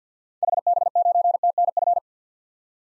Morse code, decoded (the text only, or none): HB9TNF